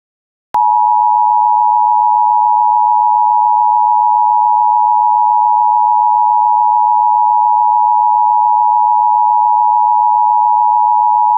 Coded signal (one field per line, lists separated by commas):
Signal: Emergency Alert System (SAME) tones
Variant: 853 and 960 Hz attention tone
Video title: Mock EAS Severe Thunderstorm Watch & Warning